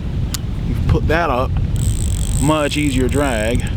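Someone talks while handling the secondary-drag lever on a fishing reel, which is meant to go back down into the main drag setting. A sharp tick sounds at 0.3 s, followed by a run of faint quick ticks between 1.8 and 2.3 s under the speech. The lever has not yet clicked back into the main drag by the end of the clip.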